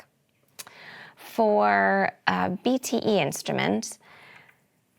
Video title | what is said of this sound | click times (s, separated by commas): 🔧Hoortoestellen repareren zonder opsturen – tips voor audiciens | and push it on till you hear a little click. | 0.6 s